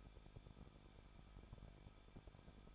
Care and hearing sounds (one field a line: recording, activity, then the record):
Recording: daily activity, microphone in the room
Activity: no activity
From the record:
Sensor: 5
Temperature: 20.8 degrees Celsius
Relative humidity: 38.2%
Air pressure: 1006.4 hPa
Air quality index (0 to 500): 189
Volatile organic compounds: 19 ppm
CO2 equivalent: 2661 ppm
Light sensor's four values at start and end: 2/3/1/1 and 2/3/1/1